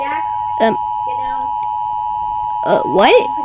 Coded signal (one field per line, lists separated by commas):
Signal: Emergency Alert System (SAME) tones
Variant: 853 and 960 Hz attention tone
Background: speech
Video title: Doki reacts to Scary EAS Scenario